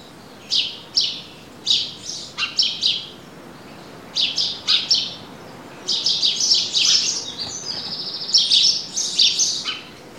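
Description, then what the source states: Birds chirping in clusters of sharp high notes, groups separated by short pauses. Country ambience.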